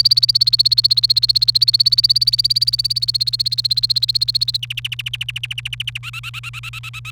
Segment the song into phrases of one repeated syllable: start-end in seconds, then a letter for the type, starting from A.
0.00-4.57 A, 4.63-5.98 B, 6.03-7.11 C